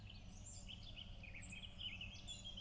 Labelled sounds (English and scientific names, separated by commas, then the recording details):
Eurasian Blackcap (Sylvia atricapilla)
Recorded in Germany
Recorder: ecoPi